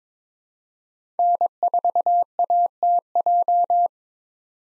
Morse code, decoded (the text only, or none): N4ATJ